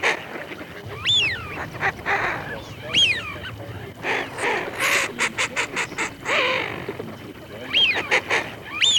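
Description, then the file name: Eurasian wigeon whistles, clear rising-then-falling notes given about four times, with short buzzy, rattling bursts between them. Male; recording from a Plurifon electronic duck-caller sound chip. "Свиязь Fischione"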